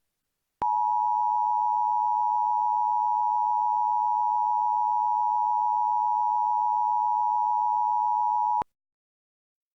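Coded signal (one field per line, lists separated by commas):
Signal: Emergency Alert System (SAME) tones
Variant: 853 and 960 Hz attention tone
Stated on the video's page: Fictional EAS scenario set in Charleston.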